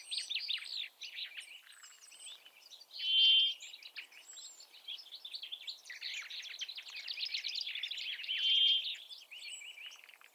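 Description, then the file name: Brambling giving two drawn-out, nasal wheezing notes about five seconds apart, over a busy background of twittering chatter. "pinson du nord"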